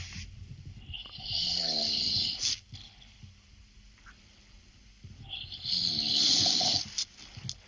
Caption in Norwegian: Det høres ut som et dyr som snorker. Det jeg som snorker.